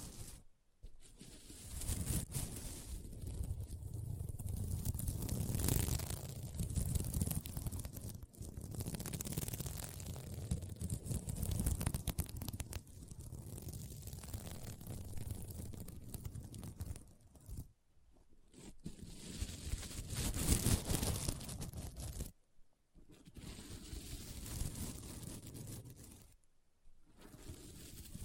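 Scratching over a sequin mermaid pillow makes a dense, raspy scraping that runs in long strokes with brief pauses. The rustle swells and fades unevenly, with near-silent gaps around 18, 23 and 27 seconds before the scratching resumes.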